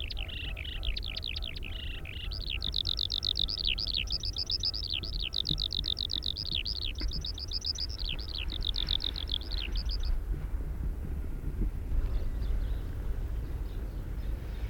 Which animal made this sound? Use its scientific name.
Alauda arvensis